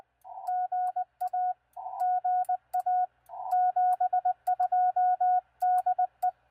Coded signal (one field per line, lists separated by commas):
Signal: Morse code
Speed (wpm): 19 wpm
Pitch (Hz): 730 Hz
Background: radio noise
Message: GA GA 72 DE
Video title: Successful POTA and TOTA activations on 40 meters with QRP and a mag mount ham stick this morning!